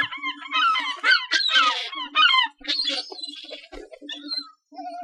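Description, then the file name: Gulls calling: harsh harmonic squeals and downslurred cries overlapping in bursts, over a steady low pulsing hum. "Seagulls"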